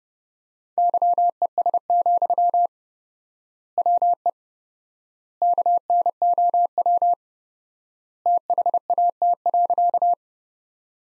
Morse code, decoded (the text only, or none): YES, WE KNOW THAT.